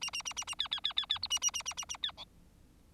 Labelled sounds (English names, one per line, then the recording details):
Bengalese Finch song
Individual Bird4